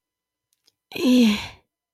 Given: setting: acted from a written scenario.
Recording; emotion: vocal sound without words; pain